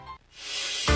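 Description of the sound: A brief soft hiss rises and holds for about half a second before cutting off into a louder low thump. It is the spray of a puff from a Primatene Mist metered-dose asthma inhaler, a quick-acting over-the-counter FDA-approved inhaler for opening the airways, heard within a radio advertisement.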